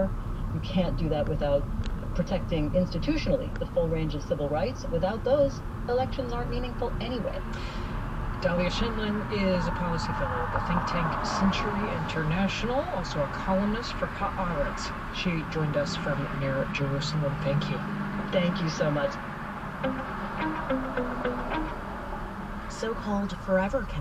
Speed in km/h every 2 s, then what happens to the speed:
18, 16, 18, 19, 18, 13, 6, 0, 0, 0, 0, 0.
0-7 steady at about 18. 7-13 slows to 0. 13-22 standing.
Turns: none.